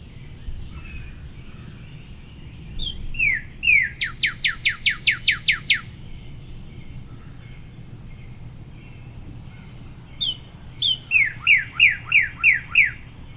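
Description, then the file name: Cardinal song: two slurred whistles, then a fast series of about eight steeply falling whistled notes, a pause, and the same phrase again over low steady background hum. "suara cardinal"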